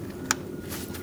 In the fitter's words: Make sure you hear the click.